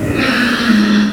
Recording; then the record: squeal of a Yucatan mini pig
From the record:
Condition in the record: after surgery on the right vocal fold (resection and tissue-engineered implant); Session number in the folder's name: 6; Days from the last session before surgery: 40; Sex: female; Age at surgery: 19 weeks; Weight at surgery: 25 kg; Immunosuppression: prednisolone